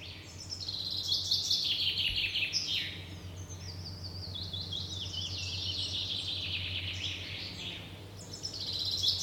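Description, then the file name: Common chaffinch song: high, descending trilled phrases running almost without break, with a low steady hum throughout. "Fringilla coelebs"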